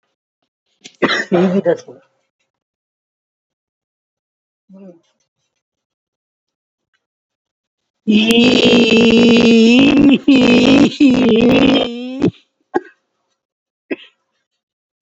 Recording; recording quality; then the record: sustained vowel as in beet; moderate, slight background noise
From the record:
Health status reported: COVID-19 positive, mild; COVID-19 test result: positive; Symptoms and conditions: cough, breathing difficulty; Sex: female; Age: 60 years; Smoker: not ticked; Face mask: not worn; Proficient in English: yes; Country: India